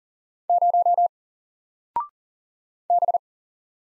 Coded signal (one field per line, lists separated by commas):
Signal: Morse code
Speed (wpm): 40 wpm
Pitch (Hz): 700 Hz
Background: none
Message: 0 B